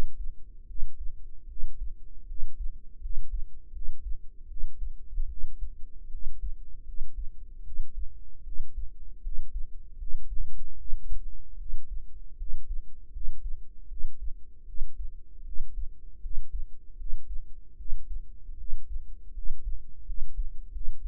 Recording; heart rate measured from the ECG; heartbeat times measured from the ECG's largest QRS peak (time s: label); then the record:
heart sounds by microphone in the right ear; 78 bpm
0.65 s: heartbeat
1.46 s: heartbeat
2.25 s: heartbeat
2.99 s: heartbeat
3.71 s: heartbeat
4.46 s: heartbeat
5.27 s: heartbeat
6.08 s: heartbeat
6.83 s: heartbeat
7.62 s: heartbeat
8.42 s: heartbeat
9.20 s: heartbeat
9.96 s: heartbeat
10.76 s: heartbeat
11.56 s: heartbeat
12.36 s: heartbeat
13.10 s: heartbeat
13.87 s: heartbeat
14.64 s: heartbeat
15.42 s: heartbeat
16.19 s: heartbeat
16.95 s: heartbeat
17.75 s: heartbeat
18.55 s: heartbeat
19.32 s: heartbeat
20.04 s: heartbeat
20.70 s: heartbeat
From the record:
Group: healthy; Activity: rest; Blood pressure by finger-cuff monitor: 101/61 mmHg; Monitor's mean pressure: 72 mmHg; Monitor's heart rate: 77 bpm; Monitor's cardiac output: 6.6 L/min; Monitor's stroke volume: 87 mL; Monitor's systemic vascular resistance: 780 dyn s/cm5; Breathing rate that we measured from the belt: 18 breaths a minute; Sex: female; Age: 19 years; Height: 163 cm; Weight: 48.9 kg